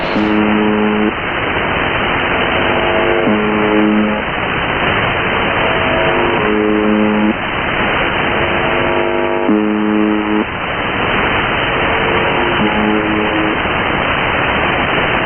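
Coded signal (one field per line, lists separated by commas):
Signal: channel marker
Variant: UVB-76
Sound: repeated harsh low buzzes about a second long, roughly six in 15 s, through static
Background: radio static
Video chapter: 02:38 4625khz USB UVB-76 Russian Buzzer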